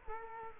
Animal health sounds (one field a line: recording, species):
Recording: mosquito wingbeat signal from an infrared sensor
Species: Culex quinquefasciatus